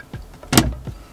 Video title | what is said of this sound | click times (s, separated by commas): Carpenters ULTRA SECURE & HIGHLY PRACTICAL Self-Build CAMPERVAN 🔒⚒️ | it's this little guy that pops into place with these these little round things and then you just lock them up and it holds it in place so it doesn't really make a sound | 0.5 s, 0.6 s